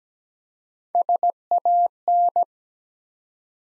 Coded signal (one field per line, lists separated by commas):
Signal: Morse code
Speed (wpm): 17 wpm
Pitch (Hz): 700 Hz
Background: none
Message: SAN